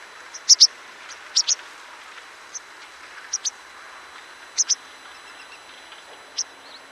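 Bird calls: high, thin chirps, mostly in quick pairs, come irregularly with softer chips between, over a faint background hiss.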